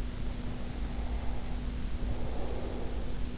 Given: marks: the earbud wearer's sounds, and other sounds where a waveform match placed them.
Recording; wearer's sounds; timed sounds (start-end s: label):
sounds in sleep by an in-ear microphone; breath
0.28-3.38 s: breath